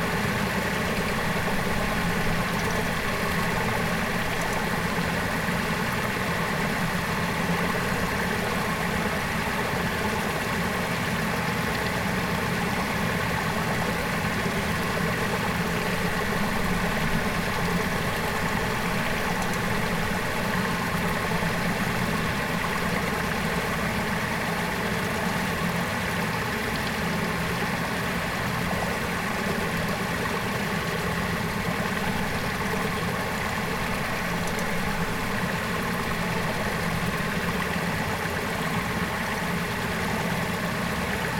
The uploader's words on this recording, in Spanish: La pieza está compuesta por una serie de registros realizados en diferentes localidades de la zona andina del Perú. Asimismo están las grabaciones de flujos de agua, ríos y lagunas de la sierra a más de 3.500 m.s.n.m. Para el registro se utilizaron distintos tipos de grabadoras y micrófonos.